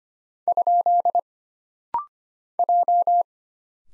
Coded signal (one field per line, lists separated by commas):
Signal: Morse code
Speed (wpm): 25 wpm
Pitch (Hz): 700 Hz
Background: none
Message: ? J